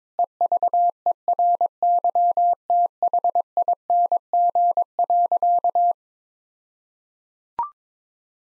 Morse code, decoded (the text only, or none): EVERYTHING.